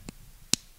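A 3.5 mm auxiliary cable plug is pushed firmly into a device's audio port, which needs a good push. A faint tick comes at 0.1 s, and then the plug snaps into the port with a sharp, loud click at 0.5 s. The plug is seated.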